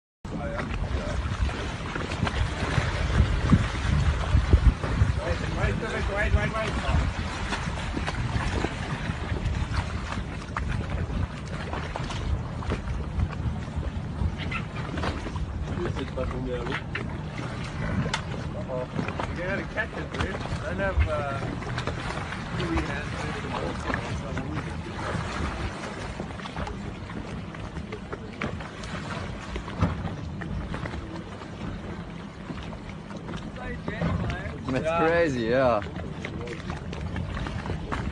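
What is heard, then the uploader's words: A beluga whale plays fetch while a steady, heavy low rumble of boat engine and water runs throughout. Warbling, wavering calls or voices break through around 6, 20 and 28 seconds, and a sharp rising squeal stands out near 35 seconds. Beluga whale playing fetch near the north pole.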